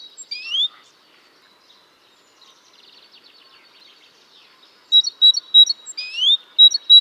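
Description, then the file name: Great tit calling with an upward slurred note, then a rapid run of sharp high repeated notes and another rising slur, faint chatter in between. "Parus major"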